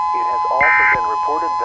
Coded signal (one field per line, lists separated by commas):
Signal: Emergency Alert System (SAME) tones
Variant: end-of-message bursts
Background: speech